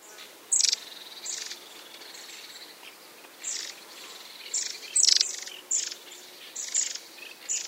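Long-tailed tit calls: short, high, thin and buzzy notes in scattered bursts.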